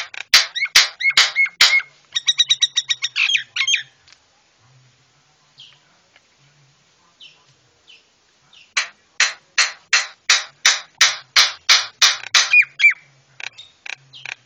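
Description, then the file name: Javan myna song: loud grating chatter notes, a quick buzzy rattled phrase, a quiet gap, then a long series of evenly repeated harsh notes ending in whistled twists. Javan myna (jalak kebo, white-eyed form) masteran song, used to tutor cage birds. "masteran jalak kebo mata putih"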